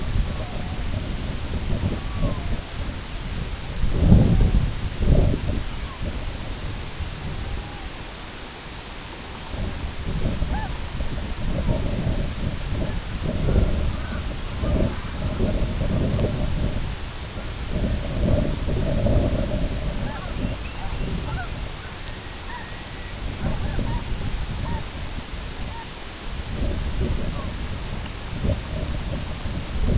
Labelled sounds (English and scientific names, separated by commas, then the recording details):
Red-throated Loon (Gavia stellata), unidentified sound, Purple Sandpiper (Calidris maritima)
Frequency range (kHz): Purple Sandpiper (Calidris maritima) 1.5-3.2 kHz
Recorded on Arctic tundra, site IGLO-B, on 23 June 2018
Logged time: 13:59